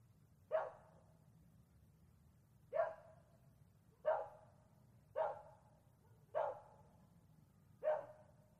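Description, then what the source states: Dog giving six single barks, each sharp and brief, spaced roughly one to two seconds apart. Distant dog barks heard near and far at night.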